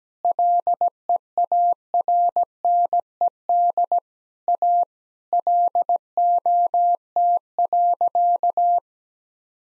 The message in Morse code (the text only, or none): LEARNED A LOT.